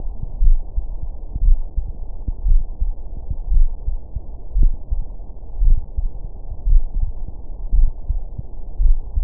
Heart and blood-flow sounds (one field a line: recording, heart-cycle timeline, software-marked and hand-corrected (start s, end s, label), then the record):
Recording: heart sounds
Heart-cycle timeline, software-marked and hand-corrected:
0.00	0.40	diastole
0.40	0.58	S1
0.58	0.76	systole
0.76	0.86	S2
0.86	1.44	diastole
1.44	1.58	S1
1.58	1.76	systole
1.76	1.86	S2
1.86	2.46	diastole
2.46	2.62	S1
2.62	2.86	systole
2.86	2.94	S2
2.94	3.50	diastole
3.50	3.68	S1
3.68	3.88	systole
3.88	3.98	S2
3.98	4.56	diastole
4.56	4.72	S1
4.72	4.92	systole
4.92	5.02	S2
5.02	5.62	diastole
5.62	5.78	S1
5.78	5.98	systole
5.98	6.10	S2
6.10	6.66	diastole
6.66	6.82	S1
6.82	7.02	systole
7.02	7.12	S2
7.12	7.74	diastole
7.74	7.88	S1
7.88	8.10	systole
8.10	8.20	S2
8.20	8.80	diastole
8.80	8.96	S1
8.96	9.18	systole
9.18	9.24	S2
From the record:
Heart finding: coronary artery disease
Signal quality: good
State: rest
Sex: male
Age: 41 years